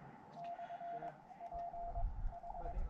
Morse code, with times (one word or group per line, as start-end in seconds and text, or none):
0.4-1.1 /
1.4-2.0 P
2.3-2.7 H